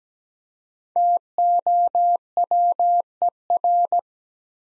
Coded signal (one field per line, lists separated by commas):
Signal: Morse code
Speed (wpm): 17 wpm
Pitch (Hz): 700 Hz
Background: none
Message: TOWER